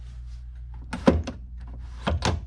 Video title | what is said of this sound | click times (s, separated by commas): 2015+ Honda Fit / Jazz - GK5 - Upper B-Pillar & Seat Belt Assembly Removal & Installation #Honda | top ones are in make sure the side ones are in and secure hear that click again | 1.1 s, 2.2 s